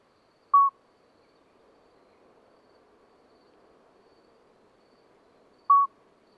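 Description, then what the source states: Common midwife toad giving two clear, short whistled notes about five seconds apart. Two toads singing through the night until dawn, 13 May 2020, Lesches-en-Diois, after two days of rain with dripping vegetation; recorded on a Nagra Seven with an MKH40 microphone.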